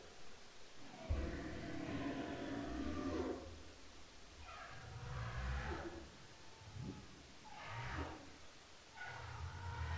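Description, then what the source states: Humpback whale song with rough, noisy grunts and short rising and falling sweeps, irregularly spaced, amid steady low-frequency noise. Humpback whale, Bering Strait, 5 October 2009.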